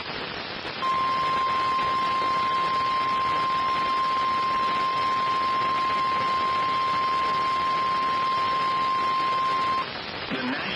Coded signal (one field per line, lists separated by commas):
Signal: Emergency Alert System (SAME) tones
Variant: 1050 Hz attention tone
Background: speech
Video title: Two Days Of Madness | EAS Alerts From 6/25-26/2021 (EAS #709-773)